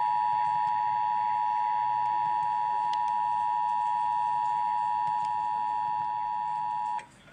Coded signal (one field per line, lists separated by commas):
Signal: Emergency Alert System (SAME) tones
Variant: 853 and 960 Hz attention tone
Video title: rating old eas alarms part 2